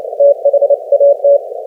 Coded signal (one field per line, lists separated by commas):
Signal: Morse code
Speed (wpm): 32 wpm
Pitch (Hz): 560 Hz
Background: none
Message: THAT